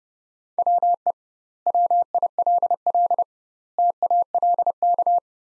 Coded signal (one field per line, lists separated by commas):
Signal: Morse code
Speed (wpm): 30 wpm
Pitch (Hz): 700 Hz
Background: none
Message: WE WILL TALK